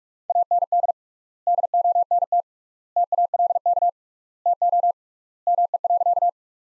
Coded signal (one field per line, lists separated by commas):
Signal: Morse code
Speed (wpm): 46 wpm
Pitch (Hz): 700 Hz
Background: none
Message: AND DONT TALK TO ME.